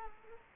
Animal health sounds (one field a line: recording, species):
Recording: mosquito wingbeat signal from an infrared sensor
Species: Culex quinquefasciatus